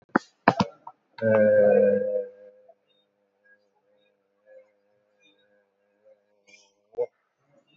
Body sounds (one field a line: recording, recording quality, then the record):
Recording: sustained vowel as in made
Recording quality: poor, much background noise or distortion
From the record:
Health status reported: COVID-19 positive, mild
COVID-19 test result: positive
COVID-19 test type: RT-PCR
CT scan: taken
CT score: 8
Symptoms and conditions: cough, fatigue, hypertension, diabetes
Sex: male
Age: 80 years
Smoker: no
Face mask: not worn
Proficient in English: no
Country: India